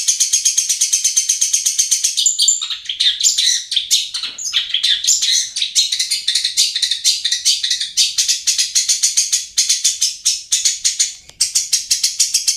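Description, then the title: Bird chirping in a dense, rapid, continuous stream of sharp high notes, with a brief change to more varied squeaky notes early on. "SuaraBurung Kicau"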